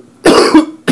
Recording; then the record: coughing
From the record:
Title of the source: Coughing 77